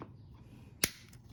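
The plastic back gland nut of an MC4 connector is turned onto the connector body with MC4 spanners. Over a quiet, steady background, a single sharp, bright click sounds at 0.8 s, followed by a couple of faint ticks around 1.1 s. The click marks the nut reaching full tightness.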